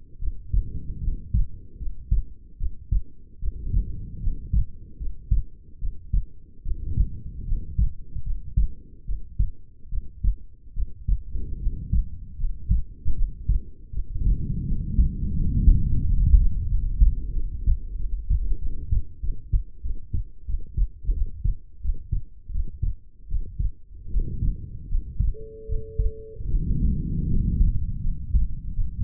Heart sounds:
heart sounds by stethoscope; 80 bpm
0.19 s: heartbeat
1.00 s: heartbeat
1.77 s: heartbeat
2.57 s: heartbeat
3.39 s: heartbeat
4.20 s: heartbeat
4.97 s: heartbeat
5.79 s: heartbeat
6.62 s: heartbeat
7.45 s: heartbeat
8.23 s: heartbeat
9.05 s: heartbeat
9.89 s: heartbeat
10.73 s: heartbeat
11.58 s: heartbeat
12.37 s: heartbeat
13.14 s: heartbeat
13.91 s: heartbeat
14.64 s: heartbeat
15.33 s: heartbeat
16.00 s: heartbeat
16.66 s: heartbeat
17.32 s: heartbeat
17.96 s: heartbeat
18.58 s: heartbeat
19.20 s: heartbeat
19.82 s: heartbeat
20.46 s: heartbeat
21.13 s: heartbeat
21.81 s: heartbeat
22.51 s: heartbeat
23.28 s: heartbeat
24.10 s: heartbeat
24.88 s: heartbeat
25.66 s: heartbeat
26.48 s: heartbeat
27.27 s: heartbeat
28.01 s: heartbeat
28.74 s: heartbeat
From the record:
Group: healthy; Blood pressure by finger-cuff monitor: 103/68 mmHg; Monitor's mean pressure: 83 mmHg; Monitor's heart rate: 77 bpm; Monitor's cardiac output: 6.9 L/min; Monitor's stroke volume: 91 mL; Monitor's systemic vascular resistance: 890 dyn s/cm5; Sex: female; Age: 22 years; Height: 160 cm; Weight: 45 kg

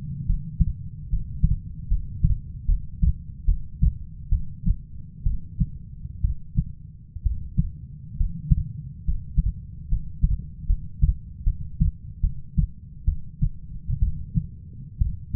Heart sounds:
heart sounds by stethoscope; 69 bpm
0.26 s: heartbeat
1.09 s: heartbeat
1.88 s: heartbeat
2.66 s: heartbeat
3.45 s: heartbeat
4.29 s: heartbeat
5.23 s: heartbeat
6.21 s: heartbeat
7.23 s: heartbeat
8.17 s: heartbeat
9.04 s: heartbeat
9.89 s: heartbeat
10.67 s: heartbeat
11.44 s: heartbeat
12.21 s: heartbeat
13.05 s: heartbeat
14.00 s: heartbeat
14.98 s: heartbeat
From the record:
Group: healthy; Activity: rest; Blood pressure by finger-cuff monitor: 138/61 mmHg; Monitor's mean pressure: 86 mmHg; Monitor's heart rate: 71 bpm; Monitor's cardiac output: 7.2 L/min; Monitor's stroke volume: 104 mL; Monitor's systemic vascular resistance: 880 dyn s/cm5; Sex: female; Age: 37 years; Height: 168 cm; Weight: 70 kg

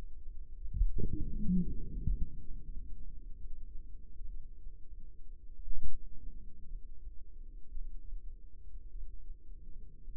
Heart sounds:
heart sounds by microphone in the right ear; 61 bpm
0.28 s: heartbeat
1.11 s: heartbeat
1.88 s: heartbeat
2.63 s: heartbeat
3.36 s: heartbeat
4.27 s: heartbeat
5.55 s: heartbeat
6.67 s: heartbeat
7.68 s: heartbeat
8.90 s: heartbeat
10.12 s: heartbeat
From the record:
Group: healthy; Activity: Valsalva maneuver 0-2 s, rest 2-10 s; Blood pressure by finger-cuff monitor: 109/75 mmHg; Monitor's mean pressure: 84 mmHg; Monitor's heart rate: 67 bpm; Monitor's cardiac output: 4.6 L/min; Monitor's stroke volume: 65 mL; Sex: female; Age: 36 years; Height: 163 cm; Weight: 88 kg

